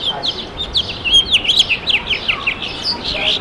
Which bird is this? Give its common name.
House Finch